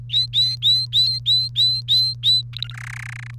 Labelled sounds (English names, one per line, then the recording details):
Domestic Canary song
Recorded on 1 May 2018 at 09:13
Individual llb3